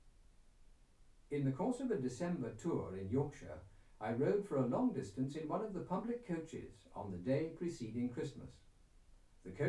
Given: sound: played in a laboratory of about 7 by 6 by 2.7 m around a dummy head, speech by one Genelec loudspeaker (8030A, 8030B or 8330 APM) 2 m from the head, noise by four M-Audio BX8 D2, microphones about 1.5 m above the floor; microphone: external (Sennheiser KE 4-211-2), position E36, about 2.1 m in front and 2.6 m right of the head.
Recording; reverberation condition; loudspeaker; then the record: male speech in English; low; 30 degrees to the left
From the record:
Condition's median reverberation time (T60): about 310 ms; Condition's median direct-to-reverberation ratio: about 3.5 dB